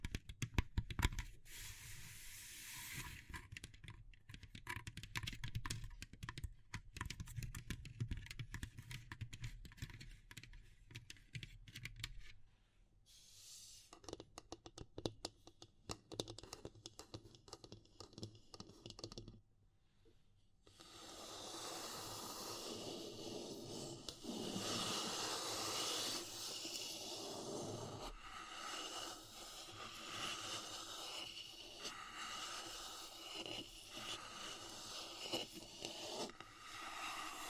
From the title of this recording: Natural Triggers Wood, Bamboo and Straw